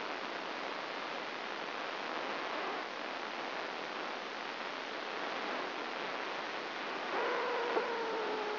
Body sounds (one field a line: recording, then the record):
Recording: brain microelectrode recording played as sound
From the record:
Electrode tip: inside the subthalamic nucleus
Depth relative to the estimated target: 1 mm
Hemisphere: left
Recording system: AlphaMap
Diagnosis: Parkinson's disease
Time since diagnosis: 9 years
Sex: female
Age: 40 years